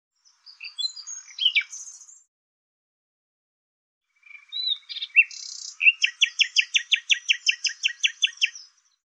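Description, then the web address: Bird song: a brief high twittering phrase, a pause, then a longer phrase ending in a fast, even series of repeated sharp notes. "Deverinetal 2025"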